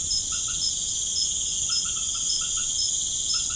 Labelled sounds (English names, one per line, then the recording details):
none
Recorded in pastures near Puerto Asís, Putumayo, Colombia, on 21 March 2025 at 19:30
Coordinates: 0.505, -76.324
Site GP08